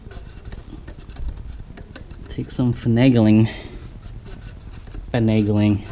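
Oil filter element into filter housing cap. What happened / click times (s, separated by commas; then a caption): Parts are being worked into position; no seating click yet / none. An oil filter element is being worked and lined up in the filter housing cap of a 2016 MINI Cooper S (F55) before it is pushed home. Light scraping and tapping is heard throughout while someone talks. Nothing has seated or clicked yet.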